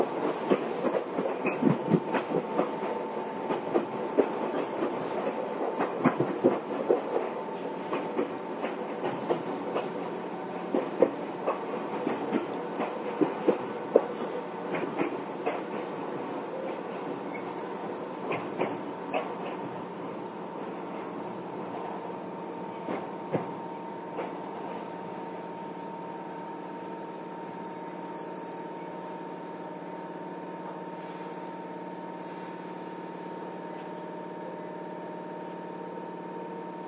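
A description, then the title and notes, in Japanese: An Izukyu 8000 series train runs on the Izukyu line, with a steady low rumble and a sustained whine running throughout. Frequent sharp clacks and rattles crowd the first twenty-five seconds, then thin out, leaving a smoother, even running drone toward the end. 伊豆急8000系 伊豆急下田〜伊東。伊豆急行線の全区間の録音です。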